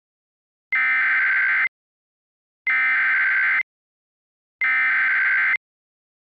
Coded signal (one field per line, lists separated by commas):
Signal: Emergency Alert System (SAME) tones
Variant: header bursts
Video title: EAS Recreation (06/18/22): Utah Dust Storm Warning